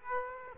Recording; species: mosquito wingbeat signal from an infrared sensor; Aedes aegypti